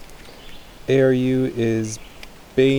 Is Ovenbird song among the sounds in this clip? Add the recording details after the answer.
no. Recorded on 25 June 2016 at 16:13. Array SBT-6-76